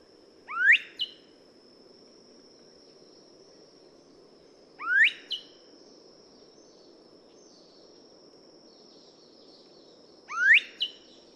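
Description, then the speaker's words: Velvet dove whistles: three sharply rising whistled notes, each trailed by a shorter soft note, spaced roughly five seconds apart, over a steady thin high drone. Also called whistling fruit dove; endemic to Fiji, living on only two tiny islands. "Here's what the velvet dove sounds like."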